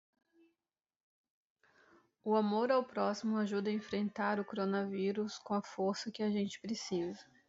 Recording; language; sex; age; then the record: spoken sentence; Brazilian Portuguese; female; 30 to 39 years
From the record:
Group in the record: control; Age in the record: 38 years